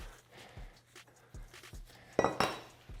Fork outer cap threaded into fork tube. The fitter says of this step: And then when you hear it click like that, it means it's all the way out.